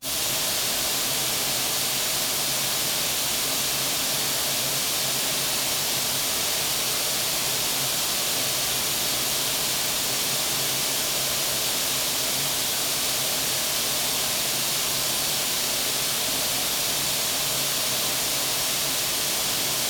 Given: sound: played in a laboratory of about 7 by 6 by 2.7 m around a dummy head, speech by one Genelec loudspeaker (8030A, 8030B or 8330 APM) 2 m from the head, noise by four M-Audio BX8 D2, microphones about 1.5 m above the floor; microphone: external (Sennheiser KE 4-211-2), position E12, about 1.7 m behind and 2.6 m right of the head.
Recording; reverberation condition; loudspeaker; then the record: white noise; high; four, about 170 cm from the corners of the room and facing them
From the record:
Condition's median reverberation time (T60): about 1300 ms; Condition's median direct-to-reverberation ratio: about -4.0 dB